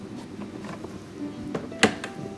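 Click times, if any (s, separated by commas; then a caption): 1.8 s. A black plastic cover over the door switch and controller, which helps hold the door switch in position, is pushed down onto the inner door of a Frigidaire dishwasher. Its front and back tabs snap in with one sharp click at 1.8 s, and it is seated. Softer taps come just before and after the click, at 1.6 s and 2.0 s, over a low background hum.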